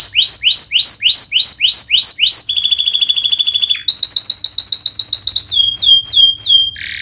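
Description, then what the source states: Canary song with rapid repeated swooping whistles, a buzzy high rattling trill, rising rolled notes, and a final harsh buzzy burst. Vigorous singing canary (gacor) praised for the best cengkok phrasing and most luxurious isian fill-in notes; Indonesian songbird-keeping (kicaumania) context.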